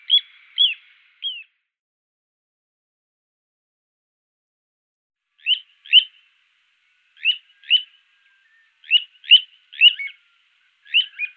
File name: Little Ringed Plover